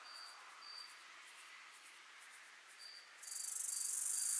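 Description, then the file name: Acrometopa servillea bush-cricket song: a grating high-pitched buzz starting after about three seconds and growing louder, after a stretch of faint regular chirps and an on-off thin whine. Subspecies italica, recorded at Alberobello, Puglia, Italy, on 9 July 2000 at 20 °C. "Acrometopa servillea italica 1 Alberobello Puglia IT 20000709 20 °C Odé"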